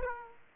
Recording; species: mosquito wingbeat signal from an infrared sensor; Aedes aegypti